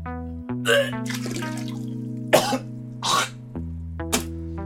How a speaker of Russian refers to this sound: Еле успел добежать до туалета и наклониться над унитазом. Наизнанку вывернуло.